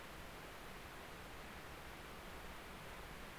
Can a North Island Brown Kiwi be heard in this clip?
no